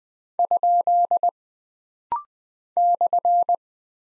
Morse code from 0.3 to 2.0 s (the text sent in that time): ?